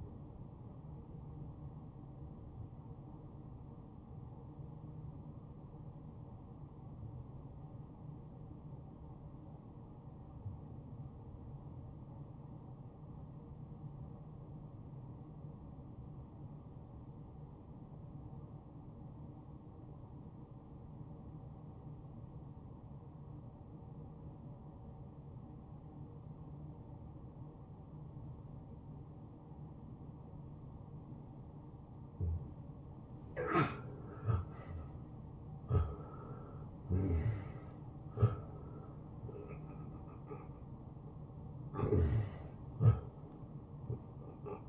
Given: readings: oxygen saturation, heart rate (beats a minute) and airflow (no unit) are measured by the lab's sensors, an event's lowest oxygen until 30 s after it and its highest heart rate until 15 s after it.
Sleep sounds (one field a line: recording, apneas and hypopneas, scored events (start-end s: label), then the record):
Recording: breathing in sleep by a smartphone at the bedside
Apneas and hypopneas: 1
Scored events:
10.00-32.30 s: obstructive apnea (N1, oxygen 97% highest, then 86% lowest, heart rate 68 at the start, 77 highest)
From the record:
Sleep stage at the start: N1 (lightest sleep)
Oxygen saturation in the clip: 87 to 97%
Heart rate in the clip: 59 to 75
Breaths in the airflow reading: 5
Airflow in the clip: -12.8 to 8.7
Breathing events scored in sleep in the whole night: 263 in 5.5 hours asleep